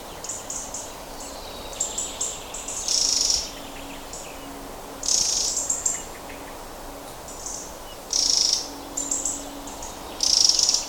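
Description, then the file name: Eurasian wren calls: short, dry, high-pitched rattling bursts, some brief, others about half a second long, repeated irregularly, with faint soft chirps between. "Troglodytes troglodytes"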